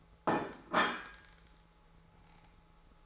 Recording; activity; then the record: daily activity, microphone in the room; place plate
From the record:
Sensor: 3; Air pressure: 1015.0 hPa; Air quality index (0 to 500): 208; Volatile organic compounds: 34 ppm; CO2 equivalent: 3036 ppm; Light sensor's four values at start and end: 33/80/35/37 and 34/82/35/38